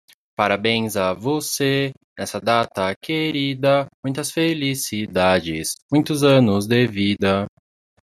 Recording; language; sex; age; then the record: short text; Brazilian Portuguese; male; 18 to 19 years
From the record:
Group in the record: control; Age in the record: 19 years